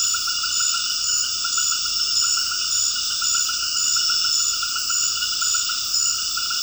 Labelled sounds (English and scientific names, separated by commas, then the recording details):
none
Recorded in dense forest near Puerto Asís, Putumayo, Colombia, on 19 February 2024 at 20:00
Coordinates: 0.481, -76.318
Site G6421